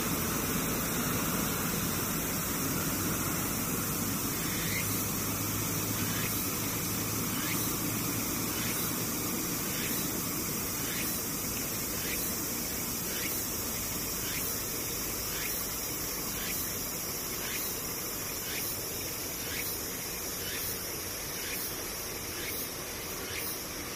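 Insects (ムシ) make a steady, high, hissing drone that holds constant for the whole clip. From about five seconds on, a regular chirping tick repeats roughly once or twice a second. A dense low rumble runs underneath throughout.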